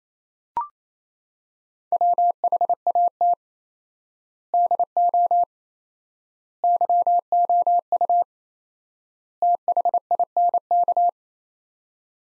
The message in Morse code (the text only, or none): WHAT DO YOU THINK